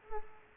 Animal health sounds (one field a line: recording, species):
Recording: mosquito wingbeat signal from an infrared sensor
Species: Culex quinquefasciatus